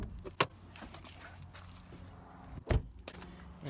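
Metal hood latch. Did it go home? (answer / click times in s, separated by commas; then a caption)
released / 0.4 s. On a Hyundai Tucson, the interior hood release lever by the driver's footwell is pulled, and the hood latch pops open at the front with a sharp click at 0.4 s. Fainter knocks and clunks follow, with a louder thump at about 2.7 s and another click near 3.1 s over a low background hum.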